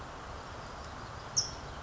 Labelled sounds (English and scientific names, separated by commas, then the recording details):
California Towhee (Melozone crissalis)
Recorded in Sonoma County, California